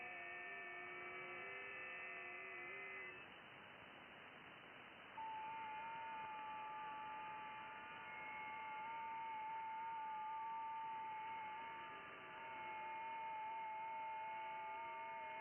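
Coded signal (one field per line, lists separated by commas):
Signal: FT8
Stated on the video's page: FT8 on 10 m (28 MHz), DX to Europe, with heavy band activity.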